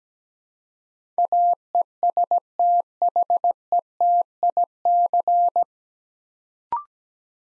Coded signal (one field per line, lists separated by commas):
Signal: Morse code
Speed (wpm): 17 wpm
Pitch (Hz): 700 Hz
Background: none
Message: AESTHETIC